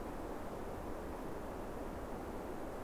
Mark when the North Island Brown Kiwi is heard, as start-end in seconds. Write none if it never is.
none